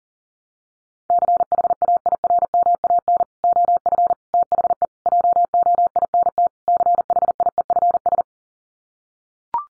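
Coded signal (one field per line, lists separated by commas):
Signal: Morse code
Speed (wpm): 40 wpm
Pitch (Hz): 700 Hz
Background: none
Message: CHAIRMAN OF THE JOINT CHIEFS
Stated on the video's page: Morse head-copy drill of common five-word groups at 40 wpm.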